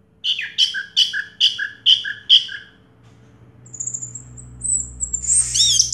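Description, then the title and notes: Orange-headed thrush song: six evenly repeated two-part chirps, then a thin high whistle and a tumbling phrase over a low hum. Anis merah song in the 'teler' style, with a clear voice. "Anis Merah Teler Suara Jernih. suara anis merah"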